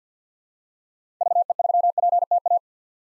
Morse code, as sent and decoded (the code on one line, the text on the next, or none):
...- . ...-- .--. - .-
VE3PTA